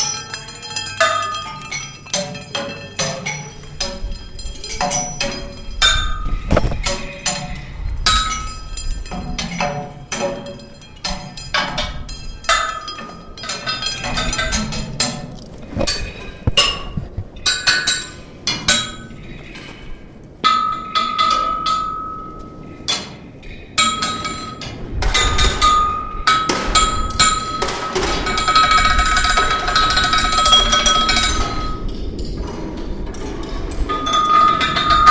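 Metal rods strike vertical cement dividers inside a hydroelectric transformer building, making sharp, ringing clinks at an irregular, fairly quick pace. Some hits leave a bright sustained ring that lingers, especially after twenty seconds. A low, hollow room rumble sits underneath throughout.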